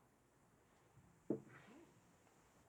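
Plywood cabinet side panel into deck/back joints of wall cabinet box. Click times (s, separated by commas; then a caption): 1.3 s. The second plywood side panel of an RTA wall cabinet, with wood glue applied, is pressed onto the deck and back joints. A single sharp pop at 1.3 seconds marks the panel seating into place, followed by a brief low rustle. There is no talk in the clip.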